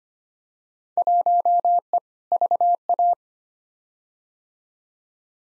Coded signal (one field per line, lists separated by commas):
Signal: Morse code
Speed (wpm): 25 wpm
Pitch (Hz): 700 Hz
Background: none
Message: 1E VA